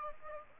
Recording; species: mosquito wingbeat signal from an infrared sensor; Aedes aegypti